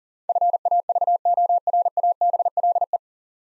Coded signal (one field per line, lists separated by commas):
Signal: Morse code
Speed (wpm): 40 wpm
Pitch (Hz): 700 Hz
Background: none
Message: FAVORABLE